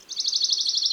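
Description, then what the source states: Western Bonelli's warbler singing a fast, dry trill of even, rapidly repeated high notes that holds steady from start to finish, with faint low background noise. Recorded in June.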